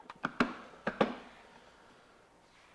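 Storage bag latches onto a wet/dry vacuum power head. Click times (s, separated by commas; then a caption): 0.2 s, 0.4 s, 0.9 s, 1.0 s. A storage bag sits on top of the plastic power head of a Milwaukee M18 FUEL 6-gallon cordless wet/dry vacuum (0910), and its latches are snapped shut. A faint tap comes first, then four sharp latch clicks at about 0.3, 0.4, 0.9 and 1.0 seconds, fading into quiet. The bag is locked into place on the power head and isn't going anywhere.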